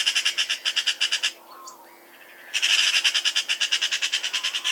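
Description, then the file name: Eurasian magpie giving a harsh, rapid rattling chatter in two bursts separated by a short pause with faint whistles. "Pica pica"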